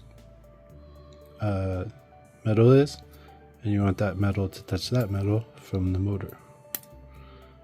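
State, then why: Seated. A metal motor terminal on a Tamiya Cross Spear 01 Japan Cup 2025 Mini 4WD is positioned to touch the motor's metal contact and pressed down into the plastic chassis while someone talks. A sharp click at 6.8 s marks the terminal snapping into place, seated.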